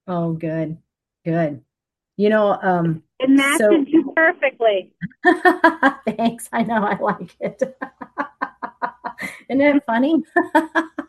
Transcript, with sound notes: Oh, good. Good. You know, um, so-
It matches you perfectly.
(laughs) Thanks. I know, I like it (laughs) . Isn't it funny?